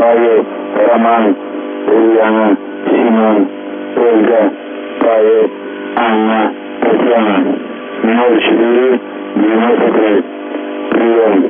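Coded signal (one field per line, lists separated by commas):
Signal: numbers station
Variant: UVB-76, Russian voice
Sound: russian voice reading codewords, names and numbers in short, evenly spaced phrases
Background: radio static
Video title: The Buzzer/UVB-76(4625Khz) September 3, 2021 Voice messages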